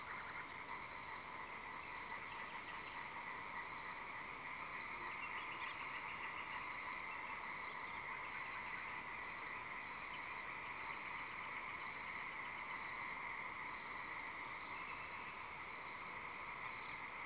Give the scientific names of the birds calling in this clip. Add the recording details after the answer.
Luscinia megarhynchos, Gallinula chloropus. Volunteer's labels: Luscinia megarhynchos megarhynchos. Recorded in France